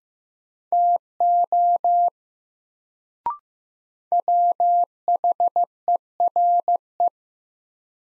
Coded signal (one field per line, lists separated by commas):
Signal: Morse code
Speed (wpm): 16 wpm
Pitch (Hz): 700 Hz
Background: none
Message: TO WHERE